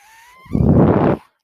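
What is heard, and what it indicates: Mechanical ventilator noise from the speaker's own home mechanical ventilator: a low-pitched, broadband burst of roughly 0.7 seconds.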